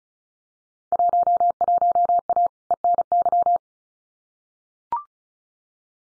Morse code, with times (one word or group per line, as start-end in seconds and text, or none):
0.9-2.5 11A
2.7-3.6 ENY